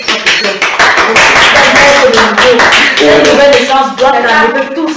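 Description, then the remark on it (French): An audience at a religious teaching claps for a woman: dense, continuous clapping fills the whole stretch, loud and steady, with voices and cheering mixed in and some tonal sounds rising toward the end. “Applaudissez pour elle.”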